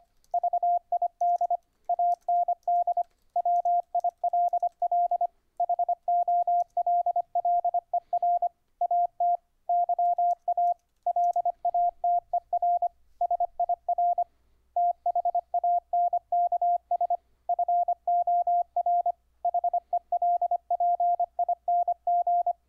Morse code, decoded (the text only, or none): VID AND WILL HOLLER AT YA LATER SIR THANKS FOR HELPING